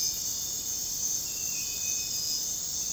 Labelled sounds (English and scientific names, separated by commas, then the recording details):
none
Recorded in dense forest near Puerto Asís, Putumayo, Colombia, on 9 March 2025 at 03:30
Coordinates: 0.486, -76.317
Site G053